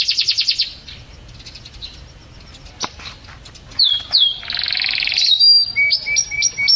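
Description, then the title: Canary song: a fast high buzzy trill, a pause with faint notes, then clear whistled slurs and sustained high tones ending in short repeated whistles. "Kenari"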